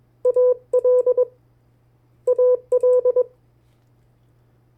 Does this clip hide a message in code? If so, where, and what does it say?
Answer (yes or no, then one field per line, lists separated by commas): yes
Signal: Morse code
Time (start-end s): 0.3-3.2 s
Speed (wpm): 21 wpm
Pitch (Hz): 500 Hz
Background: none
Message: AL AL